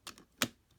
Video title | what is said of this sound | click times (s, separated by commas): Lupinranger VS Patranger DX Trigger Machine Splash Review | then that clips into place and then to release it again you just hit the trigger | 0.4 s